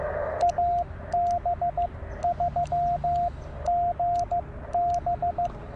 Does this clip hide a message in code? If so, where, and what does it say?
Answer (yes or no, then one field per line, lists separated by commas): yes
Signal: Morse code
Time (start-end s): 0.4-5.5 s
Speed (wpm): 15 wpm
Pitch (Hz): 690 Hz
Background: radio noise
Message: AB3GB